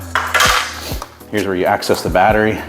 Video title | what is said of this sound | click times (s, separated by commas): So Compact It Fits Anywhere! EV Rider Transport 4M Outdoor Ride Test | You just put a key in this little slot, and this pops off. | 0.2 s